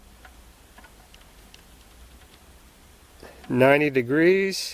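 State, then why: Not seated. A plastic dash top cover on a 2010-17 Chevrolet Equinox, being worked on during instrument cluster removal, is rotated about 90° in its slot in the instrument panel to line it up before it is pushed home. Only light handling ticks are heard, at about 0.3, 1.1 and 1.5 seconds, and from about 3.5 seconds someone talks. Nothing has seated or clicked yet.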